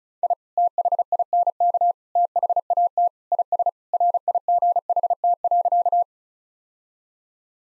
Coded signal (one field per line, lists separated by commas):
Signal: Morse code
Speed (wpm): 36 wpm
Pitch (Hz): 700 Hz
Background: none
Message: I THINK THAT IS RIGHT.